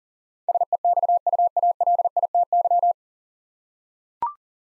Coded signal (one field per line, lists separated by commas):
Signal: Morse code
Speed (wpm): 40 wpm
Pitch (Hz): 700 Hz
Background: none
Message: SEXUALITY